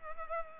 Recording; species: mosquito wingbeat signal from an infrared sensor; Culex pipiens